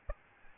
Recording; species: mosquito wingbeat signal from an infrared sensor; Aedes albopictus